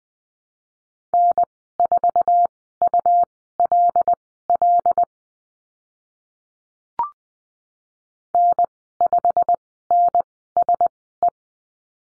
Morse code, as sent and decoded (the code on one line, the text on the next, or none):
-. ....- ..- .-.. .-.. / -. ..... -. ... .
N4ULL N5NSE